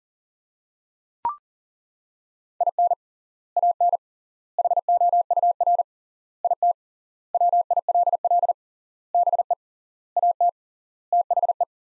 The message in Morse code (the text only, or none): IN AN HOUR IT WILL BE AT THE